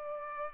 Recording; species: mosquito wingbeat signal from an infrared sensor; Culex pipiens